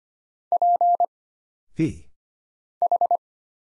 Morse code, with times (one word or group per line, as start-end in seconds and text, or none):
0.5-1.1 P
2.8-3.2 H